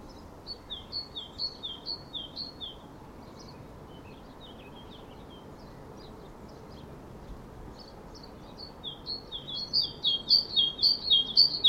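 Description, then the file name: Great tit giving a run of paired high and lower whistled notes, a quieter broken stretch, then a louder series of pairs at the end. "Parus major"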